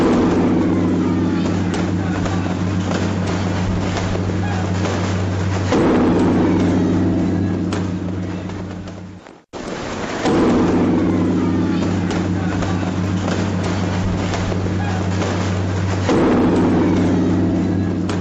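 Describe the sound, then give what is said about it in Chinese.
Deep, sustained bell tones from the Bell Tower on Beijing's central axis, recorded in 2008 at what is remembered as the bells' last ringing, hum steadily beneath a dense, continuous crackle of firecrackers, which nearly drowns them out; the din breaks off briefly midway, then resumes just as loud. “这段音频不太长，它有一个非常鲜明的特点，就是它淹没在这个爆竹声中哈、那也是我们有记忆当中钟楼的钟声最后一次敲响哈、我们给大家听听这个声音。”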